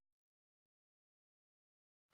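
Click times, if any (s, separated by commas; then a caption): none. The small plug of a probe cable is handled at the socket on the back of a Creality BL-Touch V2 bed-levelling probe for a 3D printer, a plug that only goes in one way and locks into place. Brief faint handling sounds come near the start, a soft tick at about 0.7 seconds, and then near silence until a rising broadband noise at the very end. Nothing has seated or clicked yet.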